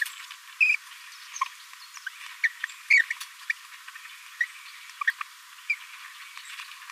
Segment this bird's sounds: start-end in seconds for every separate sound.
0.60-0.76, 2.43-2.48, 2.90-3.03, 3.10-3.13, 3.50-3.52, 4.40-4.45, 5.07-5.11, 5.70-5.75